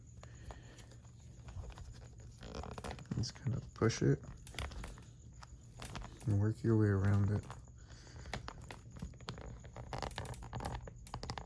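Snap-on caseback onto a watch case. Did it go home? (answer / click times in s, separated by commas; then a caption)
no / none. A metal snap-on caseback for a vintage Casio watch is lined up by its ridge and pressed onto the watch case, working around the edge, which takes a lot of pressure. Brief handling taps and scrapes are heard while someone talks. Nothing has seated or clicked into place yet.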